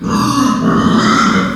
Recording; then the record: squeal of a Yucatan mini pig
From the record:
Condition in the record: after surgery on the right vocal fold (resection and tissue-engineered implant); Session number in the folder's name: 12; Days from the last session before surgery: 105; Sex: female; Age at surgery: 19 weeks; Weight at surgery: 25 kg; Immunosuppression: prednisolone